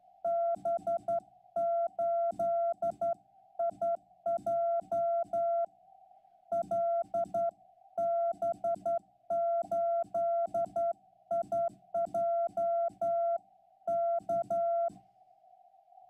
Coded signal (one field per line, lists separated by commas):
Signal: Morse code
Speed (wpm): 12 wpm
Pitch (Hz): 680 Hz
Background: none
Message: B8IJ LB8IJ K